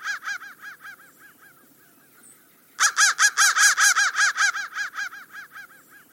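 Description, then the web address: Crow caws: a fading tail of quick harsh notes, a short quiet gap, then a fresh loud series of rapid raspy caws that slowly softens. "soundfactory crow"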